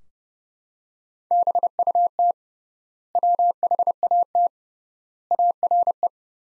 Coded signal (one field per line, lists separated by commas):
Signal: Morse code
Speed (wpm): 30 wpm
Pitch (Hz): 700 Hz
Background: none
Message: BUT WHAT ARE